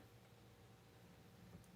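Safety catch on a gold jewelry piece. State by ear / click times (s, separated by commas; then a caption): not seated / none. The safety catch on a gold jewelry piece is guided under its keeper before locking. Only a quiet, steady low hum with faint background noise is heard. Nothing has clicked or locked yet.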